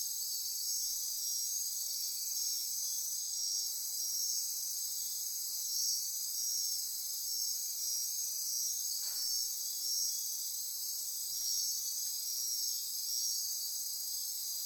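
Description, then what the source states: Insect chorus, a dense unbroken high-pitched trilling drone, with a brief lower sound midway. Insect chorus recorded at midnight near Corcovado.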